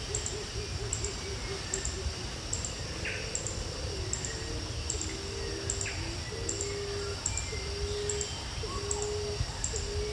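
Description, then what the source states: Stephan's emerald dove calls as soft low tonal notes repeated throughout, over steady insect buzzing in the high range and background noise. Recorded in Papua New Guinea.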